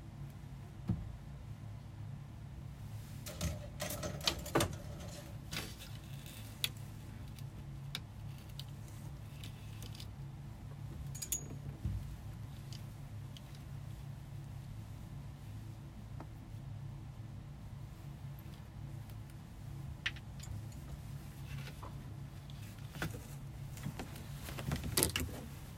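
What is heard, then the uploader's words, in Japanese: Someone folds clothes and stacks them away, the fabric giving soft rustles and brushes over a steady low hum. Sharper taps and clicks come irregularly, clustering around the fourth to sixth seconds and again near the end. 掃除と片付け。洋服をたたむ、重ねてしまう。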